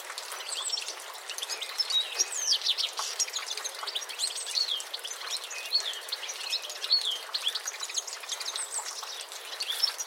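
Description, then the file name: European goldfinch twitter: a busy run of high, rapid chirps and slurred notes, with a constant hissing background. "Carduelis carduelis"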